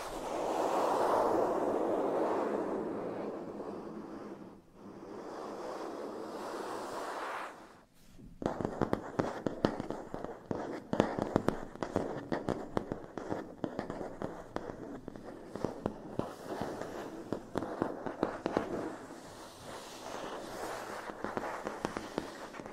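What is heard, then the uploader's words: Matte plastic is scratched in a steady, hissing rub for about eight seconds, with a brief pause near the five-second mark. Then it changes to scratchy tapping: dense, rapid, irregular clicks and ticks that continue unevenly to the end. TimASMR-Matte Plastic Scratching & Scratchy Tapping (NO TALKING).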